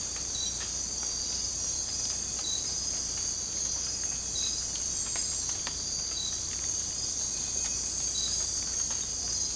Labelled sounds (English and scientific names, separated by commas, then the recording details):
none
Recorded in dense forest near Puerto Asís, Putumayo, Colombia, on 18 December 2024 at 04:00
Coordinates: 0.466, -76.327
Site G075